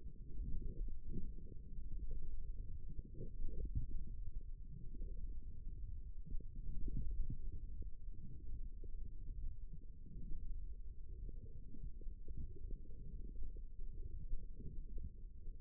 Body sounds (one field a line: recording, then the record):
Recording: forearm muscle sounds (acoustic myography)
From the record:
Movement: forearm supination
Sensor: system 1, eight BSWA MPA416 microphones around the upper forearm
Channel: 2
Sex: female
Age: 22 years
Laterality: right